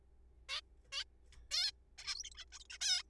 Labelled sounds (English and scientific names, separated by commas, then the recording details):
Zebra Finch (Taeniopygia guttata)
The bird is a juvenile
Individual R3428